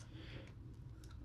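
A small plastic Ravage figure is handled against the chest compartment of a Soundwave robot figure, with faint plastic handling ticks, including a brief light tick near 1.0 s, over a steady low hum. The clip ends before the part goes home, so nothing has seated or clicked into the chest compartment yet.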